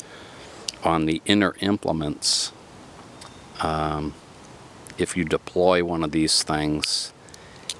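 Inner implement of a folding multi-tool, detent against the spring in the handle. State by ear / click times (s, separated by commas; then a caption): seated / 7.7 s. Someone talks while swinging open an inner implement of an original Leatherman Wave folding multi-tool. At 7.7 s the implement snaps into its open position with a sharp click. There is no real lock, only a nick in the implement that meets a metal spring in the handle.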